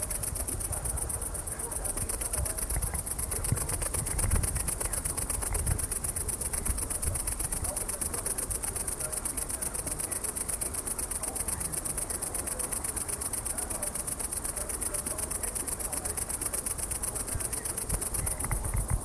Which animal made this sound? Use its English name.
Great Green Bush-cricket